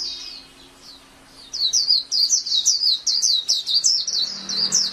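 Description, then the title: Oriental magpie-robin song: after a soft start and a second of quiet, an energetic run of many high, quickly repeated chirps. "Kicau Kacer"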